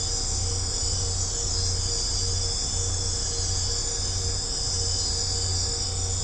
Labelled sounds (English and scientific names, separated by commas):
none